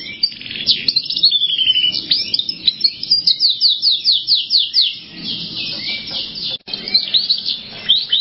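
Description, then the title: Canary song: quick series of high sweeping notes and chirps, strung into uneven runs with a brief break near the end, soft low noise underneath. "Kenari"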